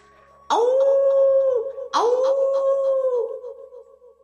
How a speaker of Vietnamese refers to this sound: Rừng cây rậm rạp, thú hống như sói, mấy man thú thân hình dài chừng một trượng, như sói, như chó, xuyên qua bụi gai, gào thét và gầm gừ.